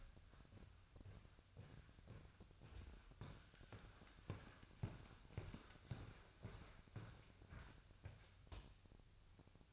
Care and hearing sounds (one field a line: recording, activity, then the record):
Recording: daily activity, microphone in the room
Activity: walk to room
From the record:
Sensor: 2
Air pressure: 999.2 hPa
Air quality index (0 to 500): 192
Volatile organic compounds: 25 ppm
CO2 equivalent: 2848 ppm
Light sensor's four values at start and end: 7/17/7/7 and 7/17/7/7